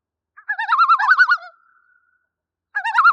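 Common loon tremolo: a loud, rapidly quavering laugh-like phrase trailing into a thin held note, followed by the start of another wavering burst.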